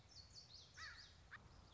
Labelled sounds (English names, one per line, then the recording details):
Common Yellowthroat
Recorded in Sonoma County, California